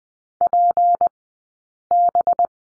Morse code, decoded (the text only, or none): PB